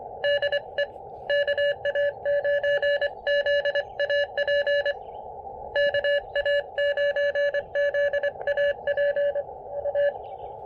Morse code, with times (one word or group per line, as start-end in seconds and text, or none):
0.2-0.8 DE
1.3-4.9 KA9ZAP
5.8-9.4 KA9ZAP
9.9-10.1 A